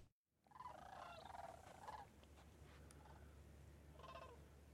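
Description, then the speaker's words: Sandhill crane: several overlapping rolling, rattling calls from a flock, brief and harmonic, with a low steady background hum. Hundreds of cranes circling overhead in the sky while migrating. "The sound you're about to hear is actually sandhill cranes circling overhead. They're migrating, and there were hundreds of them in the sky"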